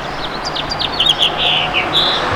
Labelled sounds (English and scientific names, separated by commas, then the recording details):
House Finch (Haemorhous mexicanus) song
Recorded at Babylon on Long Island, New York, on 18 May 2013
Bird A